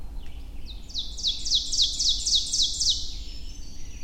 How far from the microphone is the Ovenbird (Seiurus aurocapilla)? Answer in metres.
about 25 m